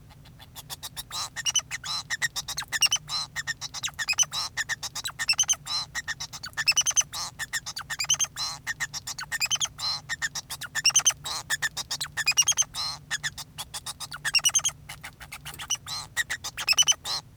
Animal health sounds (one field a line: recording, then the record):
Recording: song of a male Bengalese finch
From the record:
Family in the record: son of father 2